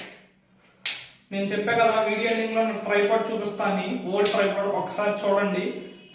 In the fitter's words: టక్ అని సౌండ్ వస్తుంది